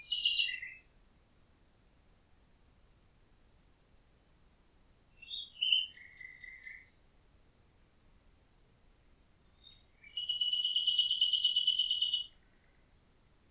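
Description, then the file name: Common nightingale song: separate phrases with pauses, including a short burst, a few whistled notes, then a sustained fast rattling trill lasting about two seconds, ending with a high note. "Nachtigall"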